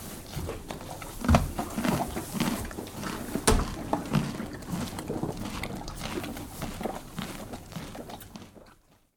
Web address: one horse eating carrot and moving around in stable straw on floor